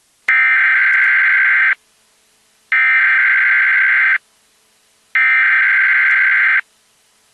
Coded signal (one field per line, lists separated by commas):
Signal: Emergency Alert System (SAME) tones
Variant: header bursts